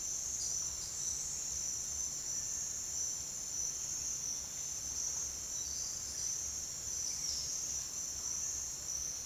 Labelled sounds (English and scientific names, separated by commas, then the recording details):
none
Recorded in dense forest near Puerto Asís, Putumayo, Colombia, on 29 June 2025 at 08:00
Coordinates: 0.468, -76.322
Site GP03